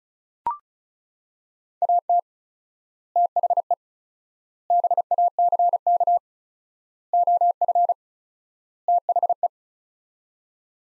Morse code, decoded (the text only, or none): AT THE BACK OF THE